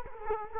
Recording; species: mosquito wingbeat signal from an infrared sensor; Culex quinquefasciatus